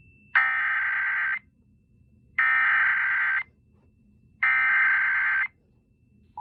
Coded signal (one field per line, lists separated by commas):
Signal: Emergency Alert System (SAME) tones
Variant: header bursts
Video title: Gender Reassignment remastered: A Remastered EAS Mock